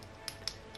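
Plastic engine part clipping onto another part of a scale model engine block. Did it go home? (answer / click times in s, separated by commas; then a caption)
yes / 0.5 s. A plastic part is pressed onto a metal part of a 1/8 scale Porsche 917KH model engine block until the two clip together. A faint tick at 0.3 s is followed by a sharp, bright click at 0.5 s as the parts seat. The parts are clipped in correctly.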